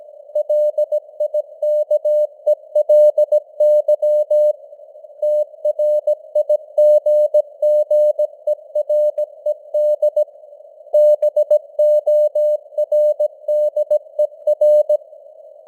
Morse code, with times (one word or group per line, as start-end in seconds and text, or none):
0.4-4.5 LIKELY
5.2-10.2 TRIGGERED
10.9-15.0 BORDER